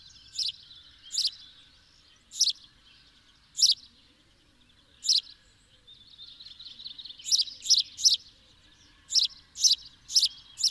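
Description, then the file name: House sparrow giving bright repeated chirps, spaced at first then quickening into a run of close chirps near the end, over a faint low hum. "Passer domesticus"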